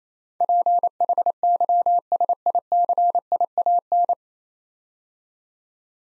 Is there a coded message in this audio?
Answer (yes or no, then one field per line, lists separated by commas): yes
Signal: Morse code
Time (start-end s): 0.4-4.1 s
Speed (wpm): 28 wpm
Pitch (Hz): 700 Hz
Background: none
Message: PHYSICIAN